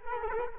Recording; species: mosquito wingbeat signal from an infrared sensor; Culex quinquefasciatus